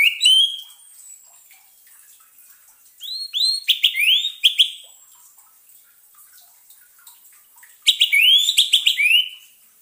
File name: suara pancingan burung anis merah agar tidak stress